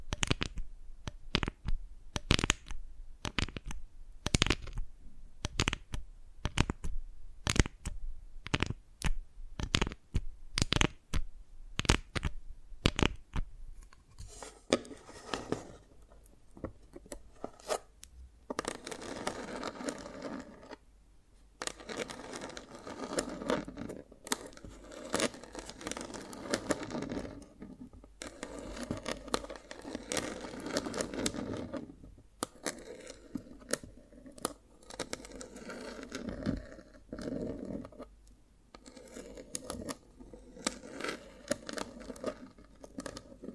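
Dalgona candy is tapped and cracked in a fast, regular run of sharp clicks for the first fourteen seconds. After that the sound turns denser and rougher, with scraping, crinkling and brittle snapping, broken by a few brief pauses and scattered louder cracks.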